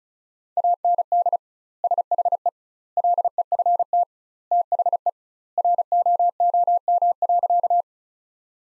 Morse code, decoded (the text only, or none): AND SHE LEFT THE ROOM.